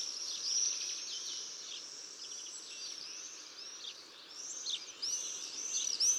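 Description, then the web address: Common swift shrill screaming trills, several birds overlapping, quieter midway, then sharp louder screams at the end. Jousting flights of common swifts. "annee nature les joutes du martinet"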